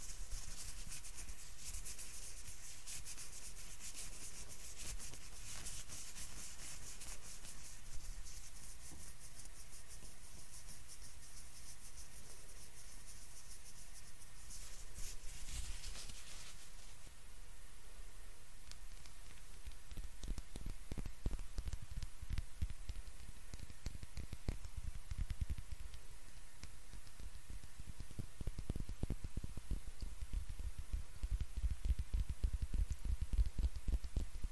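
A face treatment spa session with steady soft rubbing and brushing sounds throughout. The first sixteen seconds carry a bright, hissy texture that then drops away, leaving duller rubbing with scattered light taps and low thumps that grow busier toward the end.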